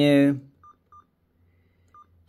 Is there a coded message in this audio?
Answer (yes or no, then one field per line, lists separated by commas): no